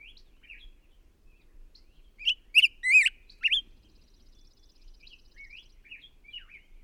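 Bird song: a brief burst of loud whistled, swooping notes in the middle, with faint scattered chirps before and after over quiet background.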